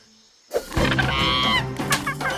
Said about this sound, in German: Das Geräusch kommt mir bekannt vor. Das ist die Pinguinsprache. Ja, das übersetze ich euch. Die Pinguine möchten sich bei der Paw Patrol für die Rettung bedanken.